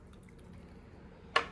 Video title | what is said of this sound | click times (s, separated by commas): BCTC Nursing 101: Preparing Injectable Medications | You push down and it clicks into place. | 1.4 s